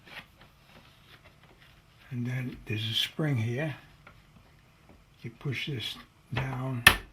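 An embroidery foot with its spring is being handled on the needle bar of a Brother PB6800 combo sewing machine while someone talks. A few small handling sounds are heard between the phrases. The foot has not clicked into place yet.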